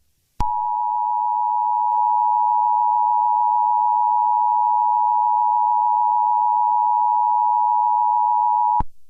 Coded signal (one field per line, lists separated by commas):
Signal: Emergency Alert System (SAME) tones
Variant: 853 and 960 Hz attention tone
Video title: EAS Scenario #15: Primal Groudon Destroys Christmas (A Christmas Scenario Special)